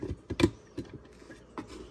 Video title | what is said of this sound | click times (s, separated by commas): $33.99 Mini Washing Machine / Spin Dryer On TEMU?!?!?!?! - The Cookin’ Camper | Now this just clicks right in. | 0.4 s